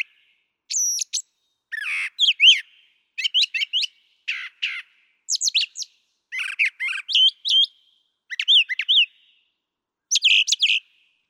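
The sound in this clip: Brown thrasher song, a steady run of short mixed phrases, mostly doubled, combining chirps, slurs and scratchy notes at regular intervals.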